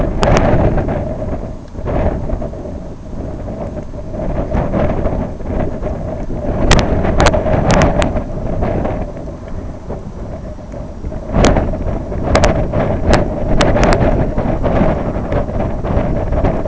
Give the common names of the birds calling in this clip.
Brent Goose